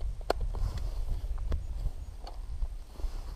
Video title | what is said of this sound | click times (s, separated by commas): Diving Bjarnagjá Crack in Iceland | the easy part you've literally got this going into this just with a little click like that | 0.3 s